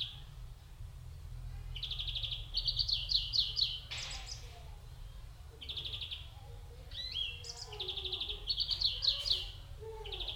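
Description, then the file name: European greenfinch produces fast buzzy trills and twittering notes in repeated bursts; a brief sharp noise breaks in midway, with low rumble throughout. "Chloris chloris"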